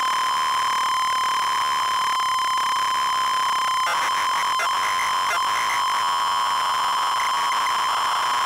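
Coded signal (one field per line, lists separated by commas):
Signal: ZX Spectrum tape loading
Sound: harsh buzzing, rasping screech of square-wave tape data with a steady underlying tone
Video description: Loading of game Underwurlde on real ZX spectrum +2 with RGB link.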